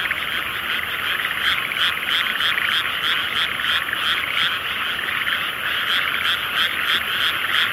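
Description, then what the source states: Frog chorus of many overlapping croaks forming a dense, buzzy wall of sound, with rapid pulses running steadily throughout. Various frogs in a soundscape.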